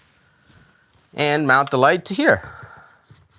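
An iFootage Anglerfish SL1 60DN video light is handled as it is brought to the softbox's mount ring, with faint, quiet handling noises while someone talks. Nothing has seated or clicked into place yet.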